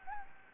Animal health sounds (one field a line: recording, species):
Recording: mosquito wingbeat signal from an infrared sensor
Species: Anopheles gambiae